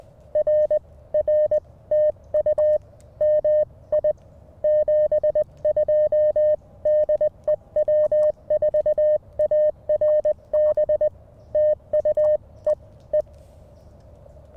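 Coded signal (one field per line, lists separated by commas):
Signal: Morse code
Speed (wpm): 20 wpm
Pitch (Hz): 610 Hz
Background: none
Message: R R TU MI 72 DE W4ARB TU E E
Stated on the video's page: Portable CW on a Mountain Topper MTR5B during a Parks on the Air activation, rough keying on a pressure paddle, sidetone loud.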